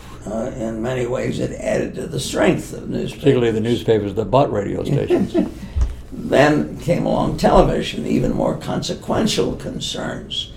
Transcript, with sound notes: In many ways it added to the strength of newspapers.
Particularly the newspapers that bought radio stations.
[laughs] Then came along television. Even more consequential concerns